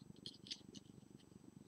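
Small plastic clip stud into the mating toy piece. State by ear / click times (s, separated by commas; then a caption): not seated / none. While building a plastic toy vehicle, someone presses a small plastic stud that should clip into the mating toy piece, but it will not snap in. A low, steady rumbling hum runs throughout, with brief sharp ticks at about 0.3 s and 0.5 s. Nothing has seated or clicked yet.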